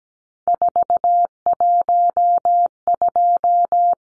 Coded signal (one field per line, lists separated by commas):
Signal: Morse code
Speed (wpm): 17 wpm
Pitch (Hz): 700 Hz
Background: none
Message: 412